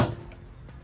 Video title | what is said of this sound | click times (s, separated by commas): 2022 Ford Maverick Hybrid XLT... mirror caps/door handles color matched! | hear that click | 0.3 s